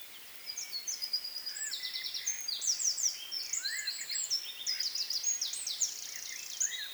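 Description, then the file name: Eurasian wren pouring out long, fast, very high trills and rattles. "Troglodytes troglodytes"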